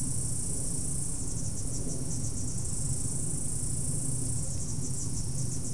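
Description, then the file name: Insect chorus, steady high buzzing trill with soft pulses, accompanied by a persistent low hum. "mainly insect"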